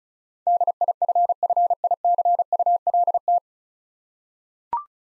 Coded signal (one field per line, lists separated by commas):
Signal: Morse code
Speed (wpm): 36 wpm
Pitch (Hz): 700 Hz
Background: none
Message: DIFFICULT